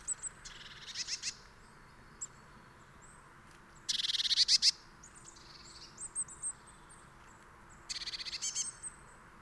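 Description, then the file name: Eurasian blue tit calling with fast, high-pitched scolding rattles, three main bursts several seconds apart, the middle one loudest, with faint thin notes between them. "Cyanistes caeruleus"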